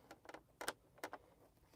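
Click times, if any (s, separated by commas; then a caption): 0.6 s, 0.7 s. A clip on a new sewing or bowl-making attachment is re-clipped onto its mount after it was suspected of not being clipped in right. It snaps into place with sharp clicks at 0.6 s and 0.7 s and is seated. Fainter clicks come just before, around 0.3 s, and two more sharp clicks follow near 1.0 s and 1.1 s.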